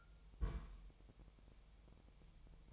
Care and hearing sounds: daily activity, microphone in the room; place on stove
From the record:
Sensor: 1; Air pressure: 999.4 hPa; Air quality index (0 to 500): 199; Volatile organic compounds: 40 ppm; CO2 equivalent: 3148 ppm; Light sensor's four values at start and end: 9/22/8/9 and 9/22/8/9

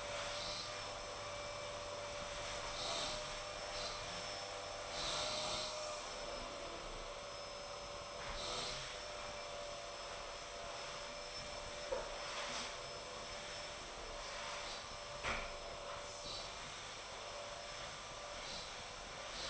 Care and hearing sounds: daily activity, microphone in the room; vacuum cleaning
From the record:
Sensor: 5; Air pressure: 988.8 hPa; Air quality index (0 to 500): 236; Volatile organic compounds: 200 ppm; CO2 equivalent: 4213 ppm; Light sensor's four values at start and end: 40/125/48/51 and 40/125/48/51

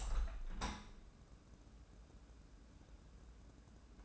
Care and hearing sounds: daily activity, microphone in the room; open window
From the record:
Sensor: 2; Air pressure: 1012.2 hPa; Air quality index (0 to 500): 132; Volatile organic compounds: 1 ppm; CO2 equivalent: 969 ppm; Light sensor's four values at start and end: 178/429/180/189 and 179/430/181/191

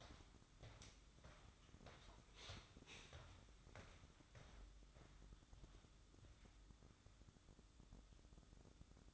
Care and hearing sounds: daily activity, microphone in the room; walk to room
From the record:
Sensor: 3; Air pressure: 1008.2 hPa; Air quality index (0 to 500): 132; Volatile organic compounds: 2 ppm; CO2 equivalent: 1097 ppm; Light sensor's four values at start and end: 10/24/9/9 and 10/24/9/9

